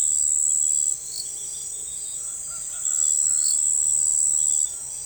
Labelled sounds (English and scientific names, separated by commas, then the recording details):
none
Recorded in forest near Pivijay, Magdalena, Colombia, on 13 April 2023 at 04:00
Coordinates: 10.467, -74.380
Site Z5-G034